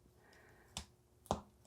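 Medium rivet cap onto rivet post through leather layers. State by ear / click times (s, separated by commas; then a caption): seated / 0.8 s, 1.3 s. A medium rivet cap is pressed by hand onto its rivet post through thick leather layers before hammering. Sharp snaps are heard at 0.8 s and 1.3 s. The cap is seated, showing the cap and post still make proper contact.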